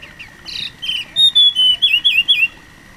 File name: fulvetta-dusky -Alcippe-brunnea